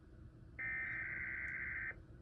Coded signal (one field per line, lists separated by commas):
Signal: Emergency Alert System (SAME) tones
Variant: header bursts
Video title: EAS 6894-6907 Weekly Tests From 04/09/25